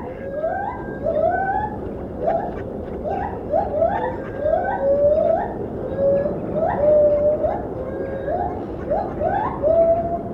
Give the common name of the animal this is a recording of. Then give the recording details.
Lar Gibbon. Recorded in captivity. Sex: pair. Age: adult. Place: Tierpark Berlin, Berlin, DE. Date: 1972-12-16. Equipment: Uher 4200 Report Stereo, Sennheiser MD 421. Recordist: Tembrock, Günter. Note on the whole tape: Lautfolgen und Gesänge des Männchens, sowie eines Weibchens, welches sich im Haus befindet. Von Außen nach Innen aufgenommen, vorbeifliegendes Flugzeug übersteuert die Aufnahme